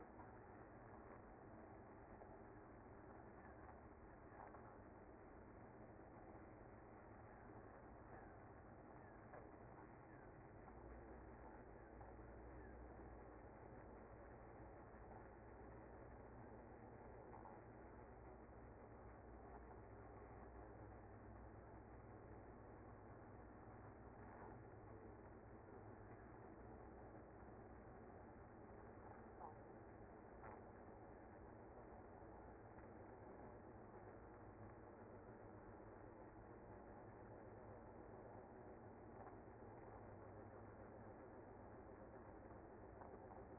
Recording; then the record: honeybee colony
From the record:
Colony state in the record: active